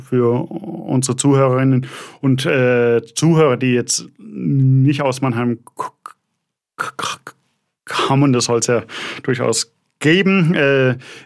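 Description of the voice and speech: An adult man in his late twenties who has stuttered all his life speaks German with stuttering: prolonged sounds, a repeated initial "k" sound before a word, filled pauses ("äh") and silent blocks.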